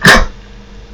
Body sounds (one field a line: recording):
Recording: coughing